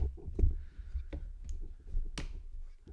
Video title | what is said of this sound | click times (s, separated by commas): Tech off the Shelf - Logitech Create | ah you heard that snap all right good now it's working | 2.2 s